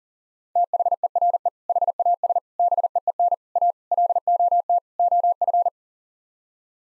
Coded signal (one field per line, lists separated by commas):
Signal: Morse code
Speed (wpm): 40 wpm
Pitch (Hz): 700 Hz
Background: none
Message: THERE HAS BEEN A LOT OF